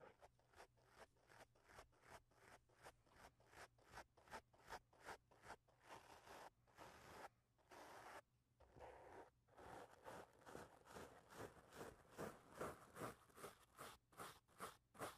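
A microphone is touched and rubbed in quick scratchy strokes, two or three a second throughout, over a faint steady low hum.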